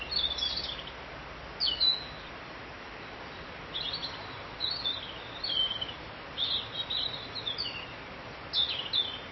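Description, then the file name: Bird song: repeated short high chirping phrases spaced across the recording, over a steady hiss. "Vogel"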